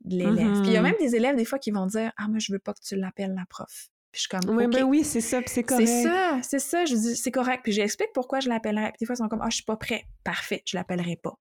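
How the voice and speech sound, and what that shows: A woman speaks fluent, conversational Canadian French at a lively pace, with ordinary voice quality and natural pauses.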